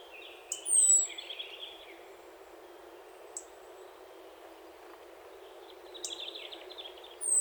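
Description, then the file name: European robin giving a few high, thin whistles and soft twittering warbles, separated by quiet pauses with faint background hiss. "Erithacus rubecula"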